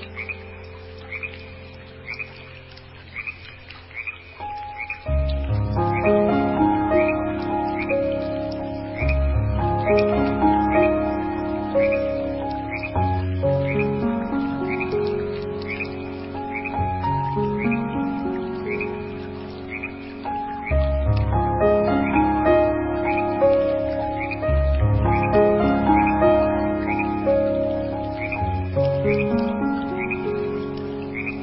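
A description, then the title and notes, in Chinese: A gentle piano lullaby plays with sustained low notes swelling in every few seconds, while steady, regular frog croaks repeat quietly throughout. 小河蛙鸣与钢琴催眠曲音乐。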